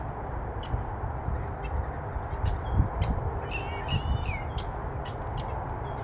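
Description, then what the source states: Birds chirping: a few scattered short high chirps, then a brief burst of quick twittering notes, all over a steady loud roar of freeway traffic. Recorded with freeway traffic as background noise.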